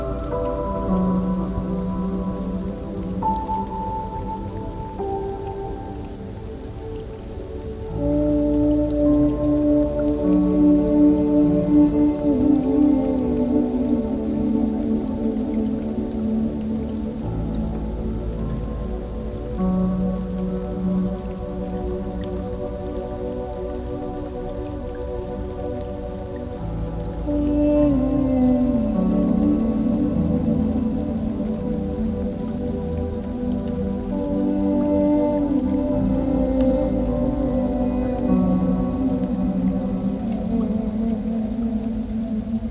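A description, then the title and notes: Rain falls steadily throughout, a dense, low-heavy wash with little brightness on top. Sustained humming tones sit under it and shift in pitch now and then. The sound swells louder at about 8 seconds and again near 27 seconds. 30 Minutes of rain sounds.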